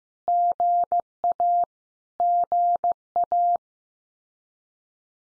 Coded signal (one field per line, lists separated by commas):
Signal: Morse code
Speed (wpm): 15 wpm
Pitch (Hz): 700 Hz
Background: none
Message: GA GA